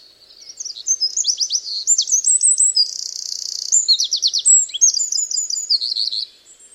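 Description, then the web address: Bird song of rapid, thin chirps and downslurred notes, broken by a short buzzy trill, continuing as a busy twittering stream for about six seconds. "Bird Only"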